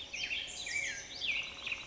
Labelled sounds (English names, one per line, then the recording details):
Black-headed Grosbeak
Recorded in Sonoma County, California